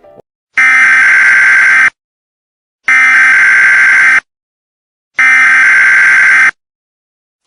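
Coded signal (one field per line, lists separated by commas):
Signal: Emergency Alert System (SAME) tones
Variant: header bursts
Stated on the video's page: Fictional EAS scenario about a plague outbreak, a simulated alert.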